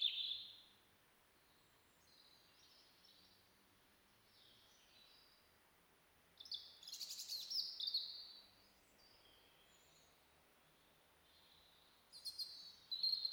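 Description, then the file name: European robin song, short high thin phrases, a sweet note at the start, a dense twittering burst near seven seconds and another at the end, with quiet pauses between. "Erithacus rubecula"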